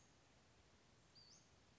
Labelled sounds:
Western Flycatcher
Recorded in Sonoma County, California

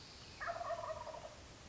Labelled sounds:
Wild Turkey
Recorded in Sonoma County, California

